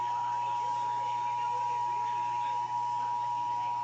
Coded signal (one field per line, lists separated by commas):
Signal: Emergency Alert System (SAME) tones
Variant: 853 and 960 Hz attention tone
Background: speech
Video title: 2023 Carolina Tornado Drills 'n... stuff | EAS #123-125 (EAS Tests from 3/1-8/2023)